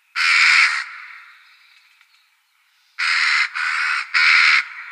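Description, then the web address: Western jackdaw giving harsh drawn-out squawks, a single call, then a pause, then three rapid calls in a row. "Schulze Peter Eurasian Jackdaw"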